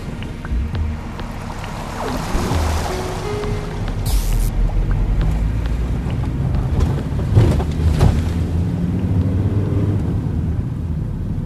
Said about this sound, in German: Der Straßenposten winkt durch und schon rollt der Wagen auf das riesige Betriebsgelände.